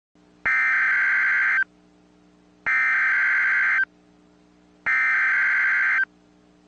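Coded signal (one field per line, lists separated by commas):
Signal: Emergency Alert System (SAME) tones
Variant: header bursts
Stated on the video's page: Test tornado warning made with an EAS encoder, not a real broadcast.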